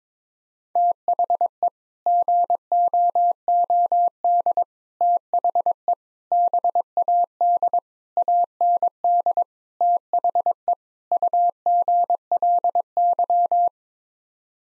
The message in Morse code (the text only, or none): THE GOOD THE BAD AND THE UGLY